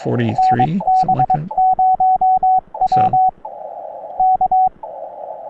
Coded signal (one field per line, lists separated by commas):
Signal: Morse code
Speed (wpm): 22 wpm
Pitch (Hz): 750 Hz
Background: speech, radio noise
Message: NB0W K